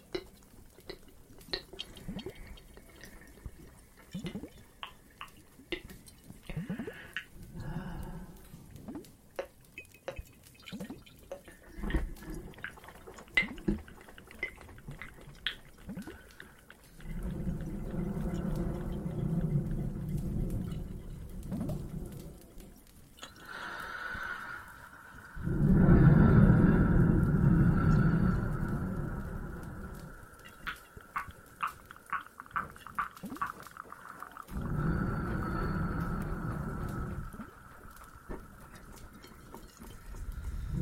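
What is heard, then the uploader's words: Cave ambience with water and a fireplace: sharp clicks, drips and crackles scatter throughout, denser early on. Low rumbling swells rise around 17–22 seconds, strongest near 25–29 and again around 35 seconds, while a faint steady tone hums through the second half. Some more Cave ASMR, Water and Fireplace added.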